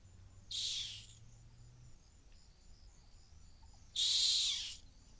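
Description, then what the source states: Rock hyrax uttering two loud, rasping, high shrieks a few seconds apart, the second stronger, over a quiet background with a faint low hum. Calling from the edge of a gorge in the Masai Mara.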